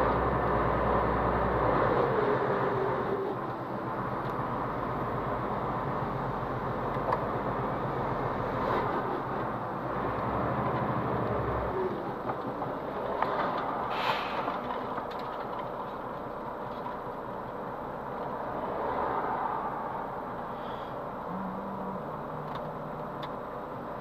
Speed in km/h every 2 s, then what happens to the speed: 15, 14, 11, 8, 6, 4, 0, 0, 0, 0, 0, 0.
0-12 slows to 0. 12-24 standing.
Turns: none.